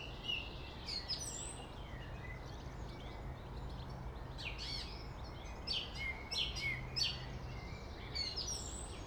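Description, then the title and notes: Song thrush song, busy and varied, with quick chirps, sharp clicks and thin whistles, denser toward the end, over a steady background hum of traffic. Singing in Friedhof Columbiadamm (Neuer Garnisonsfriedhof) cemetery, Berlin; distant city traffic noise; recorded with Sony PCM D50. "Friedhof Columbiadamm, Berlin - Song thrush. Friedhof Columbiadamm (Neuer Garnisonsfriedhof), Song thrush (Singdrossel) singing, distant city. traffic noise (Sony PCM D50)"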